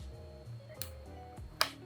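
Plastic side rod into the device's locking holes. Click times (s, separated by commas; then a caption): 1.6 s. The second plastic side rod of a Male Edge penis extender is fitted into the device's locking holes, with soft background music throughout. A fainter sharp tap sounds at 0.8 s, followed by a loud sharp plastic click at 1.6 s as the rod locks into place and is seated.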